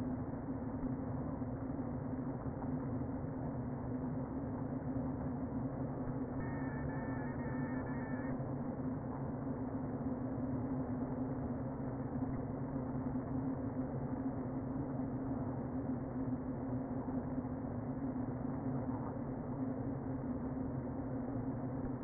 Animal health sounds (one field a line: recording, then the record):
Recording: honeybee colony, microphone inside the hive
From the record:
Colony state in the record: queen present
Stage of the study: before two queens were removed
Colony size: about 60,000 bees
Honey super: yes